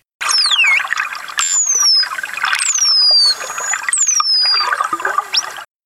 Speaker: This is what the false killer whale sounds like.